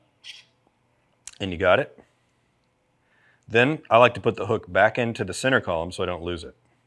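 An accessory hook is handled near the center column of a Peak Design Travel Tripod while someone talks, with a brief faint tap at 0.7 s and a sharp click at 1.3 s before the speech. The hook has not yet been pushed up and rotated into the center column, so nothing has seated or clicked into place yet.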